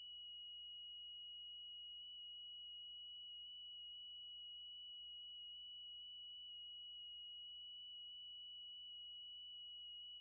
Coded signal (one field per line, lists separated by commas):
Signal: FT8